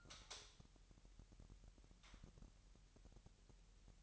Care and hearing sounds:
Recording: daily activity, microphone in the room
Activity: light on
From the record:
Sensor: 3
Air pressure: 1001.8 hPa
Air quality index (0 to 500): 249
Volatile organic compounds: 51 ppm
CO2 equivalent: 3305 ppm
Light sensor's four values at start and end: 5/13/5/5 and 13/35/15/14

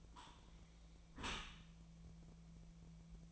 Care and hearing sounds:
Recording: daily activity, microphone in the room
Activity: close dishwasher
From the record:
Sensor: 1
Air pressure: 1000.5 hPa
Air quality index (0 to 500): 182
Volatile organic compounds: 4 ppm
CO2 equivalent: 1680 ppm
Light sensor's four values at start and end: 11/26/11/12 and 11/26/11/12

